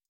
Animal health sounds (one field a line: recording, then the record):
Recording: hydrophone in a shrimp aquaculture tank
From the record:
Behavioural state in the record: feeding